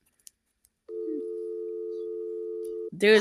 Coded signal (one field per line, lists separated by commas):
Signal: telephone call progress tone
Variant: North America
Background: speech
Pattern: dial tone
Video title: Eas Alarms Animated RETURN Part 11